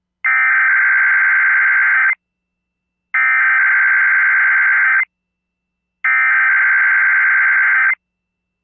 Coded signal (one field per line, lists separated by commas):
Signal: Emergency Alert System (SAME) tones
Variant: header bursts